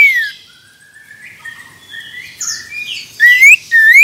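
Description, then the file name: Common iora song: a falling whistle, quieter notes, then two loud rising whistles near the end, with soft chirping behind. Male. "suara burung cipoh jantan"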